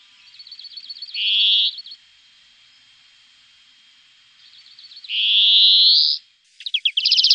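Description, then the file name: European greenfinch song, soft twittering trills leading into long rising buzzy wheezes, ending with a rapid rattle. "greenfinch omkicau"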